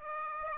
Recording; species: mosquito wingbeat signal from an infrared sensor; Aedes aegypti